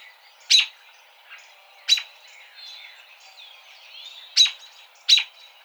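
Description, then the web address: American robin giving four sharp, abrupt call notes at uneven intervals, with faint chirping between them. Recorded on 29 March 2007. "American Robin 2007 03 29 American Robin"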